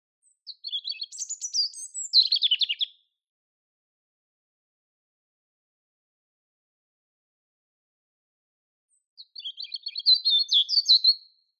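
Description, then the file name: European robin song, two separate high warbled phrases mixing thin whistles and trills, divided by a long silent gap. "Erithacus rubecula"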